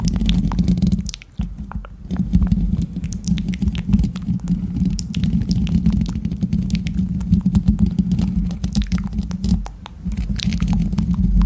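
Wet mouth sounds with quick smacks and clicks over a steady low murmur, briefly dipping quieter around two and ten seconds.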